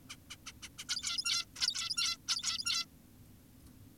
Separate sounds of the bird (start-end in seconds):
0.10-0.16, 0.30-0.36, 0.46-0.52, 0.63-0.69, 0.78-0.85, 0.89-1.46, 1.56-2.17, 2.28-2.86